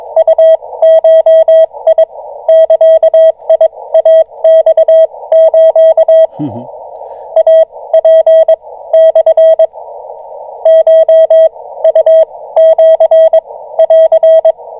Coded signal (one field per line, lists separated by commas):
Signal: Morse code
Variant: Japanese Wabun code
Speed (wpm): 21 wpm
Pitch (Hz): 690 Hz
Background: none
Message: ウゴ ザイマス イ ツ モ コ ウ シ ン